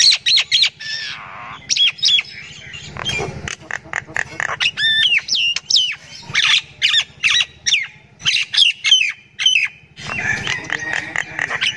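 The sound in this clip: Myna: bird chatter of harsh squawks and clicks with some whistled phrases.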